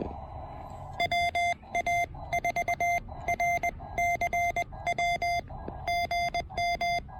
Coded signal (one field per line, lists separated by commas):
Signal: Morse code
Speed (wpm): 20 wpm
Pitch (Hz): 700 Hz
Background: none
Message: WA4RCW GM